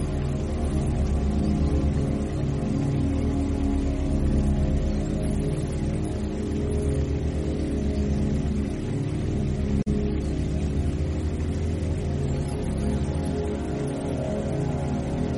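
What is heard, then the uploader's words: A binaural beat plays as a steady, dense drone of low tones, with a fine rapid pulsing that stays level for the whole clip. A faint airy hiss sits above it. A single brief click interrupts the sound just before the ten-second mark. Frequency binaural beat meditation subliminal.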